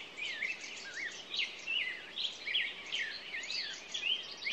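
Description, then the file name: Songbirds giving swooping whistled notes and quick chirps, rising and falling phrases repeated in fast succession over other soft chatter. Morning songbirds. "Echoes Of Nature-Morning Songbirds"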